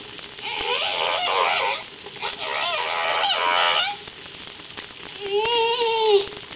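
Whale song units: wavering, harmonic moans and rapid upsweeps in three phrases, the last a smooth arching tone, over a steady low hum.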